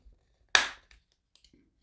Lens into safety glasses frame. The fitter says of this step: go until it snaps in it sounds like plastic breaking but it really isn't is just